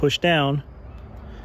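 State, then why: Not seated. A plastic wiring connector is being pushed down onto the terminals of a new 9012 headlight bulb during a headlight bulb replacement on a 2011–2014 Ford Edge or Lincoln MKX. Someone talks briefly at the start, followed by about a second of quiet background noise. Nothing has seated or clicked yet.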